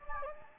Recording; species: mosquito wingbeat signal from an infrared sensor; Anopheles gambiae